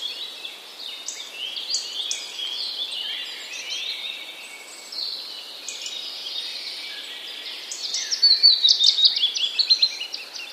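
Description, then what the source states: Willow warbler: several birds sing together in a busy chorus, and near the end a willow warbler gives a bright run of high notes. Wroblowe, Poland, 12 April 2009.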